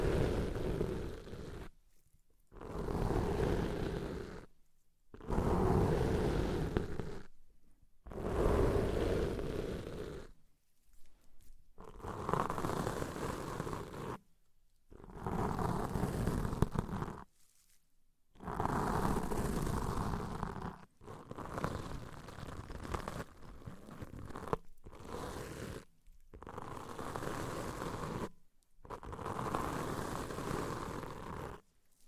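Deep ear cleaning sounds come in rough, crackling bursts, each lasting two to three seconds with brief silences between. About ten bursts repeat at a fairly regular pace, full and rumbling with a scratchy texture, rising and falling in loudness within each stroke.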